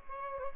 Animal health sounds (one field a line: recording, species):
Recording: mosquito wingbeat signal from an infrared sensor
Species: Aedes albopictus